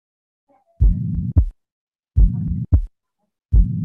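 Slowed simulated heart sounds, about 44 cycles a minute. Each cycle has a long, steady, even-loudness low murmur running from the first heart sound to a short second sound: a pansystolic (holosystolic) murmur heard throughout systole from S1 to S2 with the same configuration.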